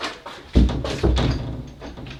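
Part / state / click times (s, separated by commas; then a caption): door lock bolt into door frame strike / not seated / none. A room door that has dropped on its hinges is lifted and worked so its lock bolt can engage the strike in the door frame, producing dull knocks and rattles with two louder thumps around 0.7 s and 1.2 s. The lock bolt has not yet clicked into the strike.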